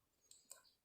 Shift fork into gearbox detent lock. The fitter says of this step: ล็อคปึ๊บแล้วก็ใส่ราวมันไปตอก